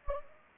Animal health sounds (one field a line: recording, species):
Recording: mosquito wingbeat signal from an infrared sensor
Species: Anopheles gambiae